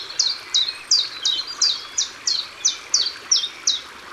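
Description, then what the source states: Common chiffchaff song: clear, evenly spaced notes, each falling sharply, repeated about every third of a second without a break. Recorded by the water.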